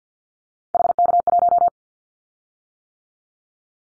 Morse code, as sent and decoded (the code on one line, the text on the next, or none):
.... -.- .----
HK1